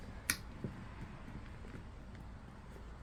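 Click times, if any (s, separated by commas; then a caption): 0.3 s. Plastic accessory mounting tabs on the second side of a helmet are pressed down into their slots, giving a sharp click at 0.3 s as the tab seats firmly. A much fainter tick follows at about 2.2 s over a low, steady background.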